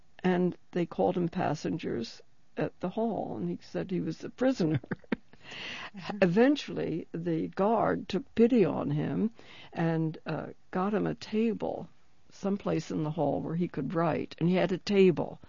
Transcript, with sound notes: And they called them passengers at the hall, and he said he was a prisoner. ( she laughs ) Eventually the guard took pity on him and got him a table someplace in the hall where he could write, and he had a table.